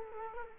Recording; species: mosquito wingbeat signal from an infrared sensor; Culex quinquefasciatus